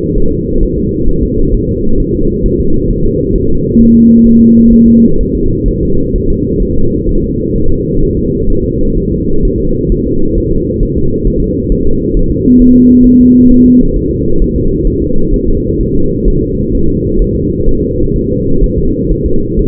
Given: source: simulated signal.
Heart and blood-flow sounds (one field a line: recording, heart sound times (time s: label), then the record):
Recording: fetal heart sounds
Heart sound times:
0.18 s: S1
0.32 s: S2
0.63 s: S1
0.78 s: S2
1.09 s: S1
1.23 s: S2
1.55 s: S1
1.69 s: S2
2.00 s: S1
2.15 s: S2
2.46 s: S1
2.60 s: S2
2.91 s: S1
3.05 s: S2
3.36 s: S1
3.50 s: S2
3.81 s: S1
3.95 s: S2
4.27 s: S1
4.41 s: S2
4.73 s: S1
4.88 s: S2
5.21 s: S1
5.35 s: S2
5.68 s: S1
5.83 s: S2
6.16 s: S1
6.30 s: S2
6.63 s: S1
6.77 s: S2
7.09 s: S1
7.24 s: S2
7.56 s: S1
7.70 s: S2
8.03 s: S1
8.17 s: S2
8.50 s: S1
8.65 s: S2
8.98 s: S1
9.12 s: S2
9.45 s: S1
9.60 s: S2
9.92 s: S1
10.07 s: S2
10.38 s: S1
10.53 s: S2
10.83 s: S1
10.97 s: S2
11.28 s: S1
11.42 s: S2
11.72 s: S1
11.87 s: S2
12.17 s: S1
12.31 s: S2
12.62 s: S1
12.76 s: S2
13.07 s: S1
13.21 s: S2
13.52 s: S1
13.66 s: S2
13.97 s: S1
14.11 s: S2
14.42 s: S1
14.56 s: S2
14.87 s: S1
15.02 s: S2
15.34 s: S1
15.48 s: S2
15.81 s: S1
15.95 s: S2
16.28 s: S1
16.42 s: S2
16.75 s: S1
16.90 s: S2
17.22 s: S1
17.36 s: S2
17.69 s: S1
17.83 s: S2
18.16 s: S1
18.31 s: S2
18.64 s: S1
18.78 s: S2
19.12 s: S1
19.26 s: S2
19.59 s: S1
From the record:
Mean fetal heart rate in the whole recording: 130 bpm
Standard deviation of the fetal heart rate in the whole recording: 4 bpm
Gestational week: 38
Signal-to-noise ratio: -17.7 dB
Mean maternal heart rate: 72 bpm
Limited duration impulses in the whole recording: present